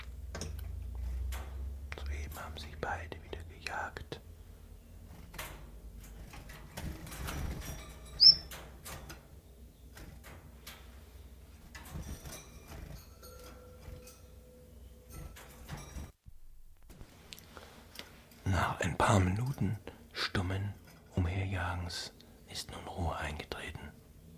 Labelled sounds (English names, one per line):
Common Chiffchaff